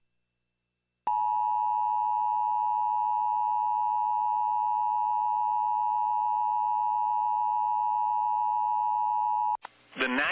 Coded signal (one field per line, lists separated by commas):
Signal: Emergency Alert System (SAME) tones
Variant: 853 and 960 Hz attention tone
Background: speech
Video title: EAS Tornado Warning Downtown Bemidji, Minnesota NOAA Weather Radio